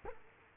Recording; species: mosquito wingbeat signal from an infrared sensor; Culex quinquefasciatus